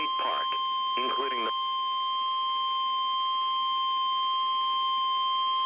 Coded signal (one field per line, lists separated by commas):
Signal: Emergency Alert System (SAME) tones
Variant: 1050 Hz attention tone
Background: speech